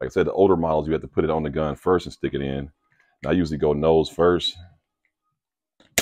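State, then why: Seated. A pistol is inserted nose first into an MCK Gen 2 pistol-to-carbine conversion chassis and slapped into place so its slide engages the kit's charging handle. Someone talks for most of the clip, then after a near-silent pause with faint ticks, a sharp click lands at 6.0 s as the slide seats on the charging handle.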